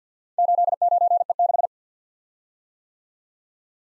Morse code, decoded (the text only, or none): 89E6